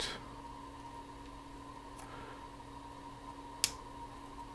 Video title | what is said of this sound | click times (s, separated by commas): A1502 13" MacBook Pro Retina - LCD Cable Replacement | That's locked into place, and now we just have to, | 3.6 s